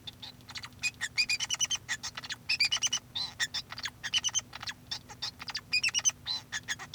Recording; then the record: song of a male Bengalese finch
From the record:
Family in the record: son of father 2